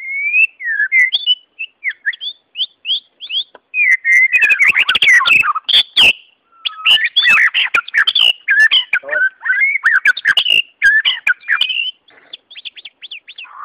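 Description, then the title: White-rumped shama song: crisp repeated upslurred whistles, then a loud jumble of clicks and varied melodious phrases, ending with a string of high notes. Wild forest bird; its original, natural song. "Kicau Asli Murai Batu Hutan"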